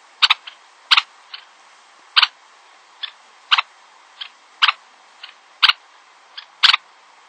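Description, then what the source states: Red-necked Phalarope calls: short sharp clipped notes, singly or in quick pairs, repeated irregularly about every half second to one second over a quiet background. Played as a mystery sound.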